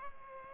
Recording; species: mosquito wingbeat signal from an infrared sensor; Culex pipiens